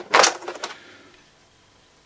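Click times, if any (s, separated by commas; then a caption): 0.1 s. The padded cushion of a Roccat Sova lapboard is put back onto the plastic lapboard frame and pressed down so it won't sit wobbly, giving a loud, sharp click at 0.15 s as it clips into place. A second, softer snap follows at 0.6 s, then the sound fades to quiet. The cushion is seated.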